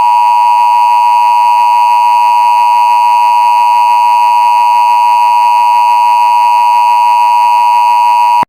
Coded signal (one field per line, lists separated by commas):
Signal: Emergency Alert System (SAME) tones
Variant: 853 and 960 Hz attention tone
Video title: Tornado Warning Mock (fictional) | Oakwood, GA (July 17, 2026)